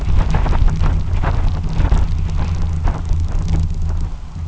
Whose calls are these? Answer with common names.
none